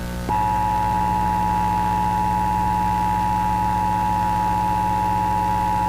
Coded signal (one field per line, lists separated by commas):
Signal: Emergency Alert System (SAME) tones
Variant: 853 and 960 Hz attention tone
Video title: EAS Scenario: The Portal